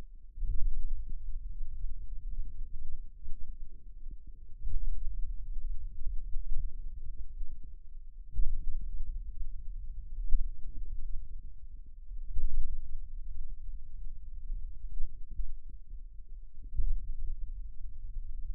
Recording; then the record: forearm muscle sounds (acoustic myography)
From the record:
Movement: pen grasping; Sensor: system 2, bracelet of six BSWA MPA416 microphones around the upper forearm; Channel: 1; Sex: male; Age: 22 years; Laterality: right